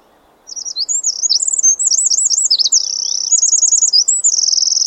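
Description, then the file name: Eurasian wren song, a shrill, hurried cascade of high trills and wavy notes with a smooth buzzy trill midway, continuing to the end. "Troglodytes troglodytes"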